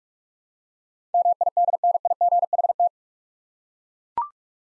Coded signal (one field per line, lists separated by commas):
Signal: Morse code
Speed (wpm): 42 wpm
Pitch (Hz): 700 Hz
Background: none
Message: MIDNIGHT